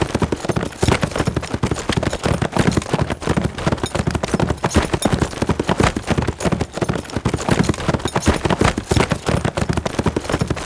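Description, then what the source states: Horse: fast gallop of a horse, muted hoof thuds in a steady drumming rhythm throughout. Steady fast gallop on grass.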